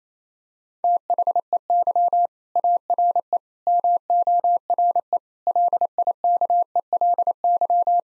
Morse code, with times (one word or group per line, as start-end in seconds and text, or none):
0.8-2.3 THEY
2.6-3.4 ARE
3.7-5.2 MORE
5.5-8.0 LIKELY